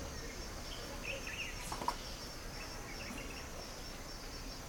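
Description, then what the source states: Crickets trill steadily at a high pitch over broad hissing background, with a couple of faint bird notes and a short click. Crickets in a field near a village in Putti, Uganda.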